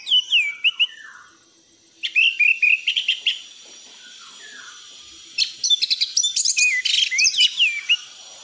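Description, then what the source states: Thrush song in three bursts of quick varied notes, slurred whistles and sharp chips, separated by short pauses. Song of an anis (thrush) in 'gacor teler' form, compiled as a masteran tutor recording for training birds.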